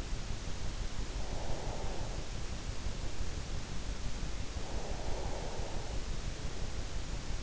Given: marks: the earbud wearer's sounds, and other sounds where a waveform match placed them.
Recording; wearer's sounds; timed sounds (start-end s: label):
sounds in sleep by an in-ear microphone; breath
1.13-2.52 s: breath
4.17-6.21 s: breath